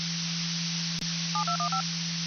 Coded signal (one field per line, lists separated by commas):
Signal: DTMF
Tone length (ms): 100 ms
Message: 7215